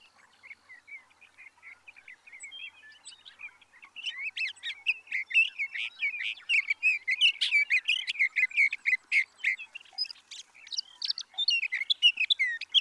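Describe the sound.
Sage thrasher song, faint rambling notes for four seconds, then a louder, rapid stream of varied warbles and trills to the end.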